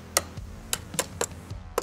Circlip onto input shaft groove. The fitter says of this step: got it there listen for the click just